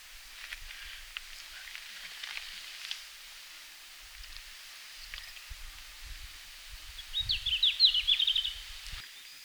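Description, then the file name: Red-flanked bluetail song: one short, quick warbled phrase of high notes near the end, with low rumbling underneath. Finland, 17 June 2019, 17:00. "Robin à flancs roux-20190617-1700-Finlande"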